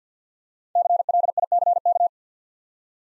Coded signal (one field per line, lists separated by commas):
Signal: Morse code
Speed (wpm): 51 wpm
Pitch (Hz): 700 Hz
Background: none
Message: CLICK